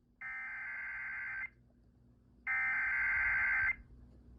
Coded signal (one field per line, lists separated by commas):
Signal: Emergency Alert System (SAME) tones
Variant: header bursts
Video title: (EAS) Tropical Like, I think? - EAS Alerts from 6/19/23-6/21/23